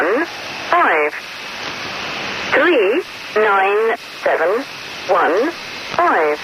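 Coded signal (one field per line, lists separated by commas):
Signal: numbers station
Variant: Lincolnshire Poacher, English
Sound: voice reading single digits, five three nine seven one five, evenly spaced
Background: radio static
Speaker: some stations use a tune to indicate this such as the popular number station coined the lincolnshire poacher heard here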